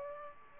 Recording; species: mosquito wingbeat signal from an infrared sensor; Aedes aegypti